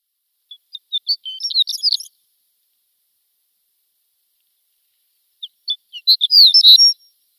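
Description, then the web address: Shore lark giving two high tinkling song phrases that start with a few soft notes and build into quick jingling twitters, the second louder, separated by silence. "Schulze Peter Shore Lark"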